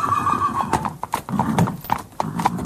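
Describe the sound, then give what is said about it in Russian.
A carriage horse's hooves clip-clop in a steady, brisk rhythm as the woman driving jerks hard on the reins, with a high, wavering neigh rising at the start and the clatter carrying on alone, fairly loud, with no one talking. “Сделав такое признание, она отворачивает от меня лицо, и, чтобы скрыть дрожь в руках, сильно дергает за вожжи.”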